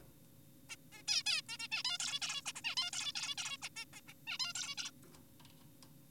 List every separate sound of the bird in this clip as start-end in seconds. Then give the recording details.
0.70-0.76, 0.92-1.02, 1.08-1.23, 1.26-1.42, 1.49-1.57, 1.60-1.68, 1.72-1.83, 1.85-1.98, 2.00-2.20, 2.22-2.42, 2.46-2.52, 2.56-2.61, 2.64-2.75, 2.77-2.91, 2.93-3.12, 3.16-3.35, 3.38-3.57, 3.62-3.69, 3.76-3.85, 3.93-4.01, 4.08-4.13, 4.27-4.38, 4.40-4.53, 4.55-4.75, 4.78-4.91. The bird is an adult. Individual g4p5U